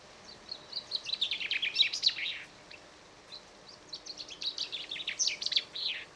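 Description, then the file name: Common chaffinch song, two lively descending phrases of rapid, ringing notes separated by a short pause, with light background hiss. "Fringilla coelebs"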